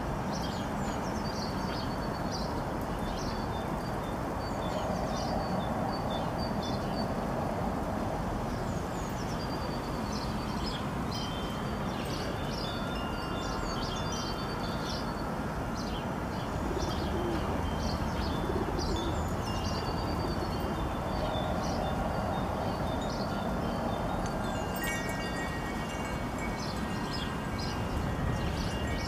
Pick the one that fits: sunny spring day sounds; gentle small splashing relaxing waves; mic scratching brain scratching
sunny spring day sounds